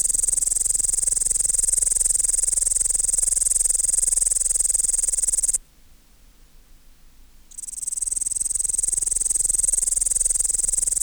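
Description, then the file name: Upland green bush-cricket song, a sustained high pulsed buzz with a fast steady rhythm, broken by a pause of about two seconds before resuming. "Tettigonia cantans"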